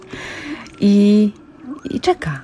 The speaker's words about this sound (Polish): To są wieloryby, to są orki, to są delfiny. I wtedy, kiedy wieloryby się odezwą, słyszeliście przed chwilą, to on zaczyna grać.